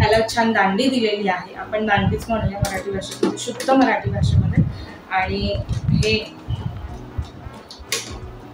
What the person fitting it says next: हे क्लिक होतं आणि हे अजिबात मग हलत नाही